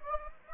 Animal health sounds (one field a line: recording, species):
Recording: mosquito wingbeat signal from an infrared sensor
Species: Anopheles gambiae